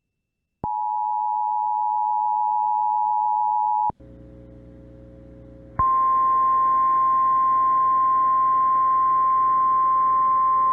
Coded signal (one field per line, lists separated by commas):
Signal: Emergency Alert System (SAME) tones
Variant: 853 and 960 Hz attention tone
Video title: EAS Timeline December-Derecho Hits Central Iowa and Downtown Des Moines NOAA Weather Radio